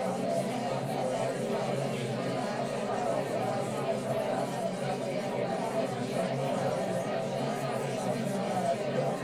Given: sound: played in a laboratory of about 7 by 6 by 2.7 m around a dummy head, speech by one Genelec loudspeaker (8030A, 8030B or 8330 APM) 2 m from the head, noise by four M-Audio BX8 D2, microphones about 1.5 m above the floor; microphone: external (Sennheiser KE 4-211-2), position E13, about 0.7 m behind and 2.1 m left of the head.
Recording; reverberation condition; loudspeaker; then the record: babble noise; low; four, about 170 cm from the corners of the room and facing them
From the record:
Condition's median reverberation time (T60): about 310 ms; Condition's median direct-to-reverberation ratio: about 3.5 dB